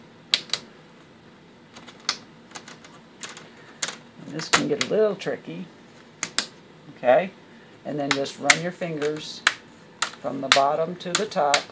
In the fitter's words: so you hear a pop